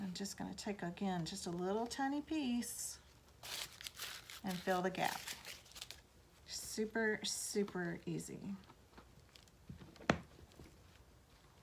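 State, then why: Seated. Someone talks while gluing rope around a plastic Easter egg beehive, with soft crinkling and handling sounds. Under hand pressure, the two plastic egg halves, which had not been fully closed, snap shut with a sharp click at 10.1 s, seating one half into its mating half.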